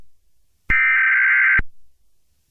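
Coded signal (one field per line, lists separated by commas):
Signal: Emergency Alert System (SAME) tones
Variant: header bursts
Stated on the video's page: Fictional EAS scenario, not a real alert.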